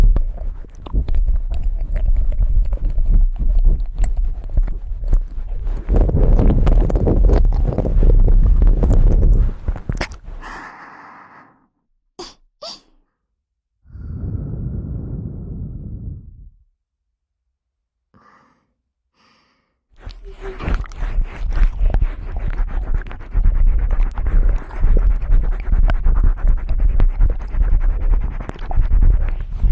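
ASMR ear eating: dense, wet mouth clicks and smacks crowd the first ten seconds over a low, breathy undertone. A near-silent gap follows, broken by a few isolated clicks and a soft breathy swell around fifteen seconds, before the rapid clicking returns from twenty seconds on.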